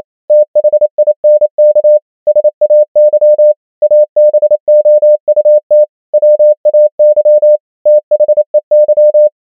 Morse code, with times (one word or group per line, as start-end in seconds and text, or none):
0.3-2.0 THINK
2.3-3.5 SAY
3.8-5.8 ABOUT
6.1-7.6 WAY
7.9-9.3 THEY